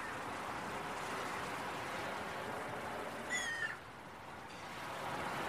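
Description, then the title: Gull call: a single short cry with harmonics, rising once above continuous breaking surf. Early morning at the beach, with waves. "Early Morning Seagulls and Beach Waves"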